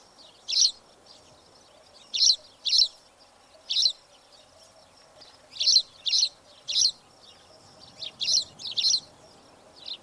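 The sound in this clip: Spanish sparrow chirps, singly and in pairs, spaced irregularly with short quiet gaps between them.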